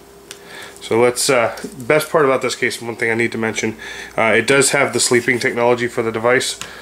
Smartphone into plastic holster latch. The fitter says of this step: and locks into place right here with this Nifty little latch